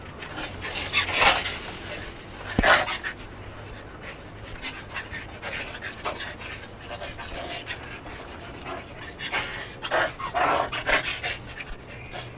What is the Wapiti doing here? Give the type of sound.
call